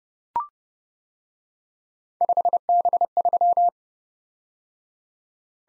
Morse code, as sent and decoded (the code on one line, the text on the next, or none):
..... -... ...--
5B3